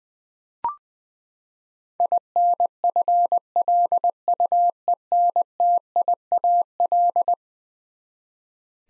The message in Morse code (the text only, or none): INFLUENTIAL